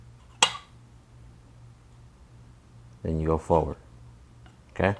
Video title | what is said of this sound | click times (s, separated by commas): Progressive Suspension Installed on my Harley-Davidson Road Glide - 444 & Monotube Cartridge | listen for the click | 0.4 s